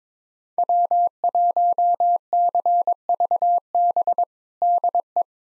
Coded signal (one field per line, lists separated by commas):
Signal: Morse code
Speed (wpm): 21 wpm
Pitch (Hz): 700 Hz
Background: none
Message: W1CVB DE